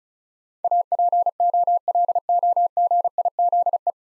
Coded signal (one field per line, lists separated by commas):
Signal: Morse code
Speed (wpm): 36 wpm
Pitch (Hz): 700 Hz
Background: none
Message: APOLOGIZE